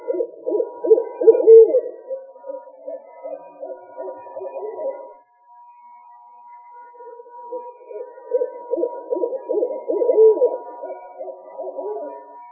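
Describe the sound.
Owl hooting, a dense run of low, throbbing hoots for about five seconds, a pause, then another long burst of overlapping hoots, with a faint steady tone throughout.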